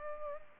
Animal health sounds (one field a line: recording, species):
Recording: mosquito wingbeat signal from an infrared sensor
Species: Culex pipiens